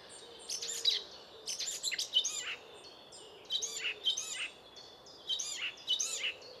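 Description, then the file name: Eurasian blackcap calls, repeated short scratchy chirping phrases with roughly one-second pauses between them, with soft background noise throughout. "Sylvia atricapilla"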